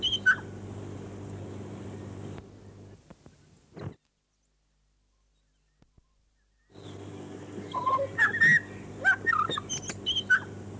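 Chatham Island tui with a brief whistle, then a silent break, then a lively sequence of liquid whistles, clicks and squeaky high notes over a low hum.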